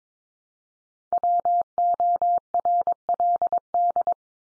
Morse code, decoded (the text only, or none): WORLD